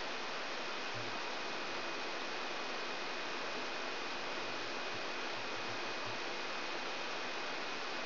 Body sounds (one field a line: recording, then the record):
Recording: brain microelectrode recording played as sound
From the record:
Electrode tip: outside the subthalamic nucleus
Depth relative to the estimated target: 4 mm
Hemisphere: left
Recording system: AlphaMap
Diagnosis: Parkinson's disease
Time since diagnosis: 12 years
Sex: female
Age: 56 years